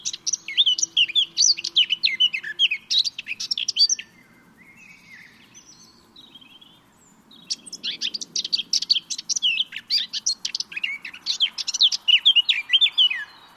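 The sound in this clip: Eurasian blackcap singing two rapid, scratchy warbled phrases mixed with brief whistles, separated by a quiet pause of about three seconds, with soft low background rumble.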